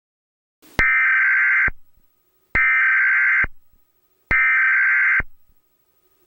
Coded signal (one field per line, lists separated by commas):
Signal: Emergency Alert System (SAME) tones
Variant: header bursts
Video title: EAS Scenario | National Nightmare (Part 1) read desc